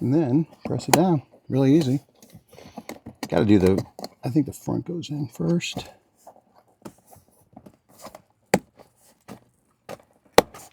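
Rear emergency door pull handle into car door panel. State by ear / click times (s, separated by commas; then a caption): seated / 8.5 s, 10.4 s. Someone talks while fitting a plastic rear emergency door pull handle trim piece into a Tesla car door panel, front end first, then pressing it down. Small taps and scrapes follow, and the handle snaps into place with sharp clicks at 8.5 s and 10.4 s, seated.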